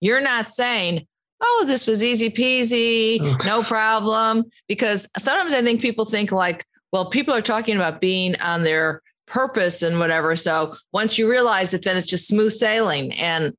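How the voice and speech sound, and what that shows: A woman talks fluently at a relaxed conversational pace, with clear, steady voicing and brief natural pauses.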